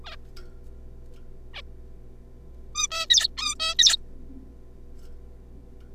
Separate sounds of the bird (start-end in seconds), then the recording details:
0.04-0.16, 1.54-1.61, 2.75-2.87, 2.91-3.06, 3.10-3.28, 3.37-3.54, 3.60-3.75, 3.79-3.96. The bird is a juvenile. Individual R3549